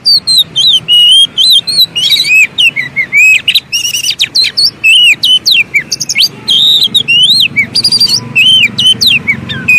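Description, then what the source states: Oriental magpie-robin song, loud and busy, quick whistled slurs interleaved with harsh buzzy notes in a nonstop flow. Long-duration filler song (isian) for training kept birds to sing actively day and night.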